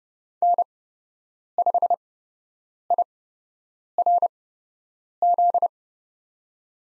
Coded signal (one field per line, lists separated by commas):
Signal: Morse code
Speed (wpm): 30 wpm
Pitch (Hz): 700 Hz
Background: none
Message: N5IRZ